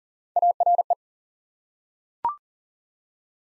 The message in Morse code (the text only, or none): ARE